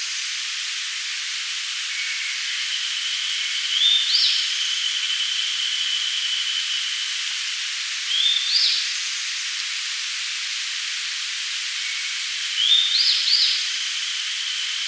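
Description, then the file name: Grey bunting song: short, thin high phrases, each a rising note then a brief burst, repeated about every four and a half seconds over a steady high hiss. "Emberiza variabilis"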